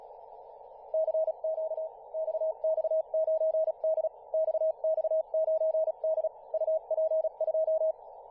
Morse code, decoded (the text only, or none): CQ XX9D XX9D UP2